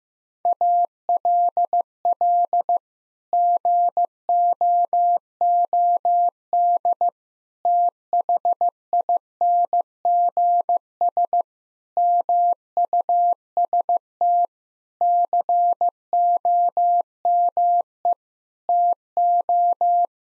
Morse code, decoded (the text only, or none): ALL GOOD THINGS MUST COME TO